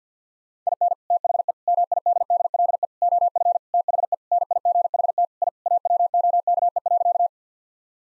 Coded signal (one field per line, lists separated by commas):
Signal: Morse code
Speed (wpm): 50 wpm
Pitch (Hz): 700 Hz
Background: none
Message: IN THE MIDDLE OF THE NIGHT I AWOKE.